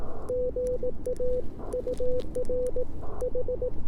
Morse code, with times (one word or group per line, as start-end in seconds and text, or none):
0.3-1.4 GA
1.7-2.8 UR
3.2-3.7 H